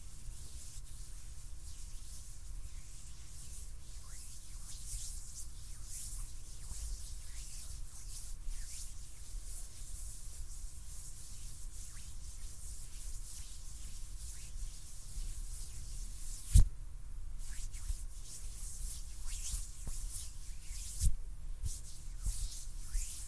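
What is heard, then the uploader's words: Hands rub and brush against each other in a soft, continuous hiss of dry skin friction, with small scratchy strokes repeating irregularly throughout. The texture stays fairly even, with a low rumble underneath. Sharp single taps stand out near 17 and 21 seconds. ASMR HAND SOUNDS NO TALKING.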